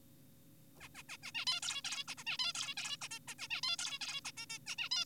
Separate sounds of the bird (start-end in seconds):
0.80-0.88, 0.95-1.03, 1.09-1.17, 1.23-1.32, 1.35-1.45, 1.47-1.60, 1.63-1.82, 1.85-2.04, 2.08-2.14, 2.18-2.24, 2.27-2.38, 2.39-2.53, 2.55-2.75, 2.77-2.97, 3.02-3.08, 3.11-3.19, 3.28-3.34, 3.39-3.48, 3.50-3.61, 3.63-3.76, 3.79-3.99, 4.01-4.21, 4.25-4.32, 4.37-4.46, 4.50-4.59, 4.67-4.76, 4.78-4.89, 4.92-5.05